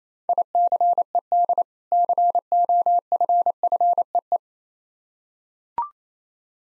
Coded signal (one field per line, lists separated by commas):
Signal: Morse code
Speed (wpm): 27 wpm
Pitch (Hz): 700 Hz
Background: none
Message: ICED COFFEE